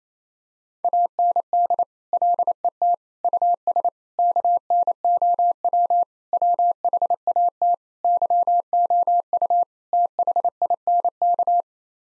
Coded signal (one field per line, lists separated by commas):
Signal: Morse code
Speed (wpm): 28 wpm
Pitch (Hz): 700 Hz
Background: none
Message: AND LET US KNOW WHAT YOU THINK